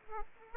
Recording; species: mosquito wingbeat signal from an infrared sensor; Aedes aegypti